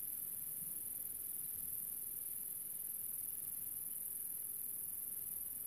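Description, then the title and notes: Grasshopper stridulation, a steady high-pitched whine continuing without pause, with low rumbling background noise. A single small grasshopper, countryside near the small town of General Alvear, under the summer sun, recorded a few years earlier while filming a documentary. "Relaxing Sounds - Nature - Grasshopper. a small town called General Alvear. I found myself in the middle of the countryside under the summer sun and this little grasshoper appeard"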